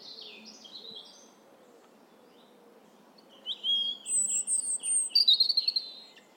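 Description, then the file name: European robin song: faint high notes at first, then a loud sequence of high, sweeping, trilling phrases, with steady low background hiss. "Erithacus rubecula"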